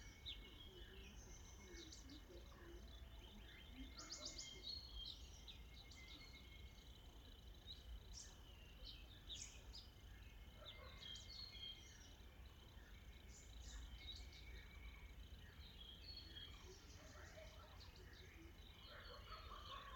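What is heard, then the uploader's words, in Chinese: Mountain forest ambience, with a steady low rumble underneath and a constant thin high hiss of insects. Many birds call and chirp throughout, short bright notes and trills scattered densely across the whole twenty seconds, with no single sound standing out. 懶山林環境音。早晨。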